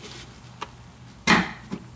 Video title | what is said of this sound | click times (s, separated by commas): 2004 Pontiac GTO EVAP Canister Vent Control Solenoid Valve | we're going to slide the rest of it in and it should click into place if you guys can hear it. There it go. | 0.6 s